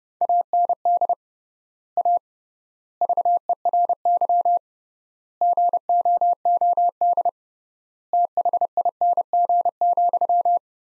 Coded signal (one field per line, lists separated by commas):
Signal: Morse code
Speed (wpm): 29 wpm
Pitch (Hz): 700 Hz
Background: none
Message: AND A VERY GOOD THING,